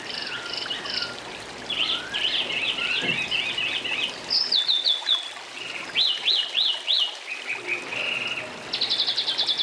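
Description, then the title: Oriental magpie-robin song: varied whistled and chirping phrases, short repeated notes and rapid buzzy trills. "Kicau Kacer"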